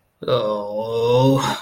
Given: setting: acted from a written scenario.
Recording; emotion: vocal sound without words; shame